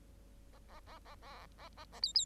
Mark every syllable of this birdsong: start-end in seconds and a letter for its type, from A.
0.53-0.58 A, 0.69-0.80 A, 0.86-0.98 A, 1.05-1.15 A, 1.22-1.46 A, 1.58-1.68 A, 1.76-1.84 A, 1.92-2.00 A, 2.02-2.12 B, 2.15-2.25 B